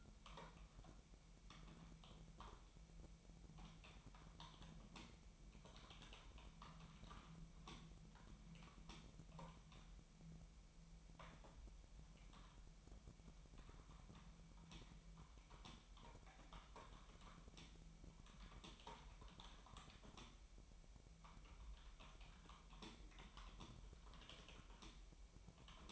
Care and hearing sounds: daily activity, microphone in the room; typing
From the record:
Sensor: 1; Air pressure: 1002.0 hPa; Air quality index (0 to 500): 244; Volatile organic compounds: 49 ppm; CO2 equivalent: 3285 ppm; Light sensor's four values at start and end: 8/29/10/12 and 8/29/10/12

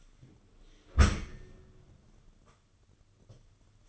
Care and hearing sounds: daily activity, microphone in the room; close dishwasher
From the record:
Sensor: 4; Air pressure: 995.3 hPa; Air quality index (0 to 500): 212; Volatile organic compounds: 235 ppm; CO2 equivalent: 4319 ppm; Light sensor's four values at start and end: 36/112/42/47 and 37/116/44/49

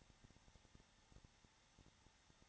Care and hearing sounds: daily activity, microphone in the room; no activity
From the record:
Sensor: 3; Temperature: 21.3 degrees Celsius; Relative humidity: 33.3%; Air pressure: 994.5 hPa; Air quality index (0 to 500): 167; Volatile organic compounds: 3 ppm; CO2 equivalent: 1453 ppm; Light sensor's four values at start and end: 2/3/2/2 and 2/3/2/2

